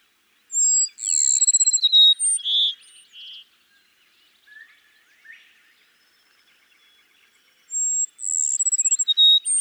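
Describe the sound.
Cassin's sparrow song, clear high whistle leading into a quick buzzy trill and short notes, repeated after a quiet stretch with a few faint chirps.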